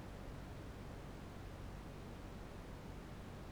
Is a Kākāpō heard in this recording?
no